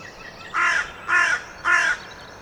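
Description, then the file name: Carrion crow calling three hoarse caws in quick succession. "Corvus corone"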